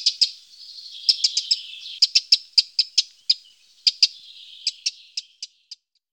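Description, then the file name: Eurasian wren giving a series of sharp, high ticking notes at irregular intervals, with faint twittering in between, fading toward the end. "Zaunkoenig"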